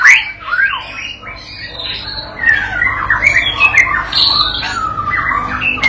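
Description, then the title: White-rumped shama singing a softer, varied string of sliding whistles and chattery notes. Provoking training song used to teach a young shama to sing persistently; said to make the bird answer straight away. "MURAI BATU PAUD BELAJAR GACOR, AJARI DENGAN MASTERAN PANCINGAN INI, PANCING LANGSUNG NYAUT"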